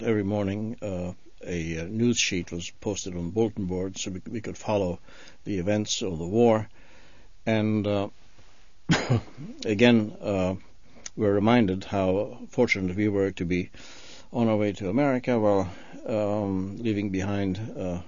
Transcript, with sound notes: Every morning, uh, a news sheet was posted on the bulletin board so we could read the events of the war and, uh, (he coughs) again, uh, we're reminded how fortunate we were to be on our way to America while, uh, leaving behind, uh,